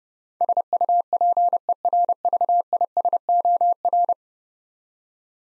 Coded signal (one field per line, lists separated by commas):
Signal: Morse code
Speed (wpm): 30 wpm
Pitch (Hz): 700 Hz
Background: none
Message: SUPERVISOR